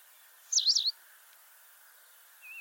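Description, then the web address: White wagtail call: one high, wavering, twisting chirp lasting under half a second, then a fainter short thin note near the end, over quiet background hiss. "cianscape birddata Deverinetal 2025"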